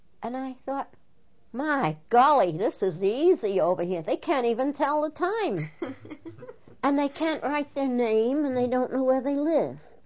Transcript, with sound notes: and I thought, "My golly, this is easy over here. They can't even tell the time." (They laugh.) "And they can't write their name and they don't know where they live."